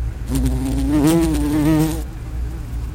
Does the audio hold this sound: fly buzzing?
yes